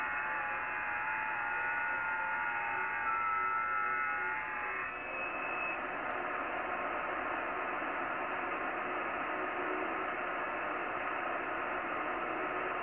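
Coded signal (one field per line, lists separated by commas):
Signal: FT8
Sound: several quiet warbling tones stepping slowly in pitch under radio hiss, stopping after five seconds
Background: radio static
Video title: VP2VB, British Virgin Islands, Caribbean Sea, 14MHz, FT8, Worked by HL2WA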